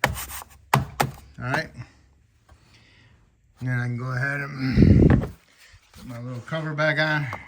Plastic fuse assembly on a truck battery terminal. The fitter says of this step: Make sure this plastic fuse assembly is snapped into place, front and back.